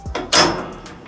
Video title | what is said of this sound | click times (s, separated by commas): How to Close Garage Door Manually for LiftMaster Chamberlain Garage Door Opener - Dallas Ft Worth TX | And now it's locked. | 0.2 s, 0.3 s